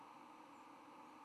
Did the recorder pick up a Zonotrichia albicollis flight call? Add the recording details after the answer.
no. Another species' flight call is heard. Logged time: 08:51 on 10 November 2014